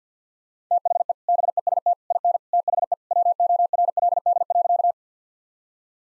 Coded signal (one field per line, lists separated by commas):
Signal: Morse code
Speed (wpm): 48 wpm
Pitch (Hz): 700 Hz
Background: none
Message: THE BEST IN THE WORLD.